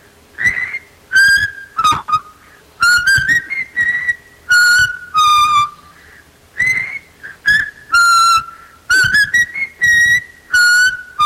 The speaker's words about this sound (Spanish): te la voy a silbar porque es un instrumental que al parecer en el 78 salió y me regalas el nombre, quien la canta y el título de la canción.